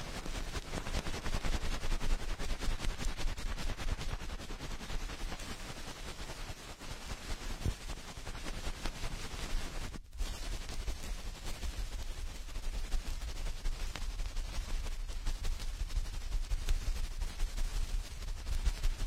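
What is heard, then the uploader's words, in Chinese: Fast, rough ear cleaning: a dense, unbroken stream of rapid scratchy crackles and pops that fills everything from low thumps to bright hiss. The pace stays frantic and even throughout, broken only by a brief silent gap around ten seconds. 高速、暴力清理耳朵。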